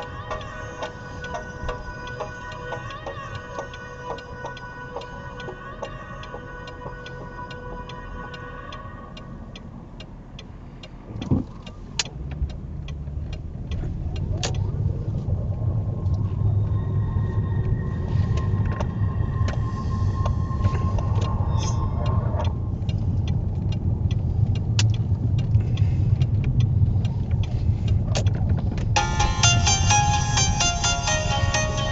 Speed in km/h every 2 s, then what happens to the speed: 0, 0, 0, 0, 0, 5, 11, 19, 26, 26, 29, 24, 18, 23, 27, 31.
0-9 standing. 9-16 pulls away to 26. 16-21 steady at about 26. 21-25 slows to 18. 25-32 speeds up to 31.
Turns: none.